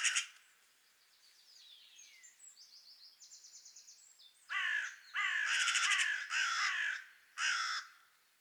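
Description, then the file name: Carrion crow cawing harshly in a run of four grating calls, after an opening stretch of soft, thin whistled and chirping notes. "Corvus corone"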